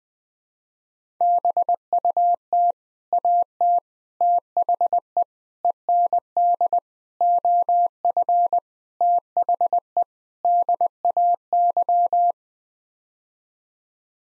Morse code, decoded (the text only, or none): BUT AT THE END OF THE DAY